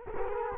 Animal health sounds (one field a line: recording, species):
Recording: mosquito wingbeat signal from an infrared sensor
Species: Culex quinquefasciatus